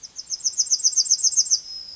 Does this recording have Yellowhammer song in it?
yes